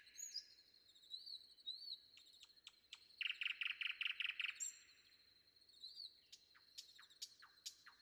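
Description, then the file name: Common nightingale song: thin high whistles and sharp clicks, then a loud burst of about eight rapid, repeated throaty notes, followed by scattered clicking notes over a steady high tone. Sung before dawn. "predawn nightingale"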